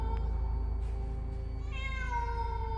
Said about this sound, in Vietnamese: nhưng lời vừa dứt thì trong nhà vang lên một âm thanh. Ấy là tiếng mèo kêu. Tiếng mèo vang vọng trong bóng tối.